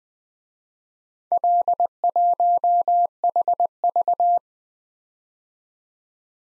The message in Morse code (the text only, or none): L1HV